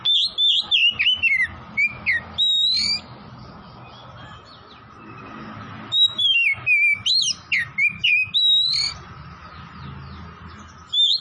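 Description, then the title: Oriental magpie-robin pouring out rapid, varied whistled song, with sliding and chirping notes in fast runs and a pause between phrases. Tretes, singing vigorously, the song style known as gacor. "Kacer Tretes"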